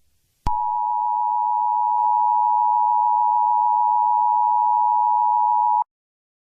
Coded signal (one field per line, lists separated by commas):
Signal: Emergency Alert System (SAME) tones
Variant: 853 and 960 Hz attention tone